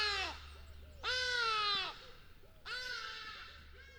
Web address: birds call pass by. soundpool geraeusche natur-tiere voegel